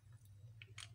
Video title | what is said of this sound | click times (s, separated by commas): Manual Vacuum Aspiration Kit - Assembly and Disassembly | then you close the valve until it snaps let me repeat | 0.6 s, 0.8 s